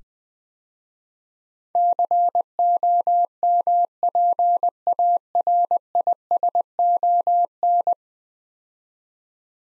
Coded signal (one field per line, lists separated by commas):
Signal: Morse code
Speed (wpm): 21 wpm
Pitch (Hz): 700 Hz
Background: none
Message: COMPARISON